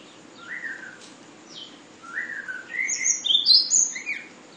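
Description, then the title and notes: Flowerpecker song: thin, high whistled notes, first two sliding down in pitch, then a quicker run of bright descending whistles over faint background hiss. Song style called sulingan; from Kudus. "Tledekan/Sulingan ABABIL. Suara Burung Tledekan Ababil dari Kudus"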